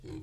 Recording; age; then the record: pig call; weaner (32 to 43 days)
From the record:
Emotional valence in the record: positive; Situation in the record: positive conditioning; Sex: female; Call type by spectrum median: low-frequency call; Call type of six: low-frequency stable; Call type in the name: low-frequency stable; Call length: 0.22 s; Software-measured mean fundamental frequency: 41 Hz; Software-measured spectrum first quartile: 118 Hz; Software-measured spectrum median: 281 Hz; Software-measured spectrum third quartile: 449 Hz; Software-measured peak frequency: 103 Hz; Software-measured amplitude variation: 116 dB a second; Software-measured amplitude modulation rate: 22.5 a second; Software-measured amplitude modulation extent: 5.1 dB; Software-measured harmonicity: -0.2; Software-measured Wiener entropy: 0.25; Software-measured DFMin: 668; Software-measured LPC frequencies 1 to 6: 335, 2280, 3271, 4104, 5184, 6413 Hz